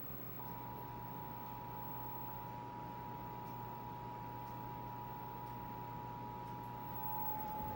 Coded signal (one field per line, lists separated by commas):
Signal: Emergency Alert System (SAME) tones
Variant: 853 and 960 Hz attention tone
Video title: EAS #79 - Required Monthly Test